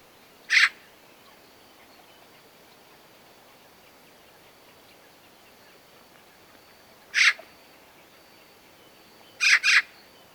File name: Pica pica